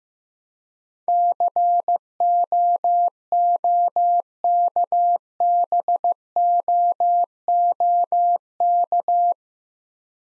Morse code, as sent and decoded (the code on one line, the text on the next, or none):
-.-. --- --- -.- -... --- --- -.-
COOKBOOK